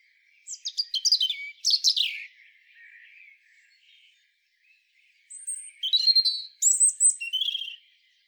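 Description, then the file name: European robin song in two phrases: tinkling, descending high notes and trills, a quiet pause of several seconds, then more thin whistles and warbles. "Erithacus rubecula"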